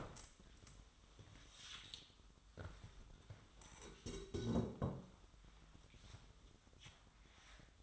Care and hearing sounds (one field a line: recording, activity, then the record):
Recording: daily activity, microphone in the room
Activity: stand up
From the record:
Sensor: 3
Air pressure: 1005.0 hPa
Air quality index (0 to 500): 86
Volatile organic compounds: 3 ppm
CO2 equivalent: 1333 ppm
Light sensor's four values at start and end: 9/21/9/8 and 10/21/9/9